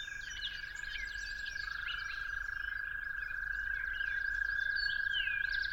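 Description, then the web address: Toads trilling in a continuous high buzz, a second trill joining just below the first partway through, with varied birdsong above. At dawn. "musicofnature Toads at Dawn"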